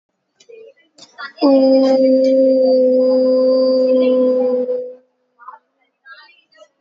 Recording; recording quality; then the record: sustained vowel as in boot; excellent, no background noise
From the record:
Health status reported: COVID-19 positive, no symptoms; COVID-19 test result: positive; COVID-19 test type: rapid antigen test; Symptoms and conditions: another condition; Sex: female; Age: 26 years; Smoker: no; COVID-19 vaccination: both doses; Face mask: not worn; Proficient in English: yes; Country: India